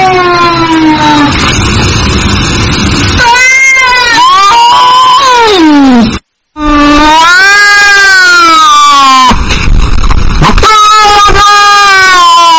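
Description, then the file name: Domestic cat meowing insistently, long rising and falling meows, one sliding down sharply, all heavily distorted with a short silence midway. "Cat Meowing Ear Rape"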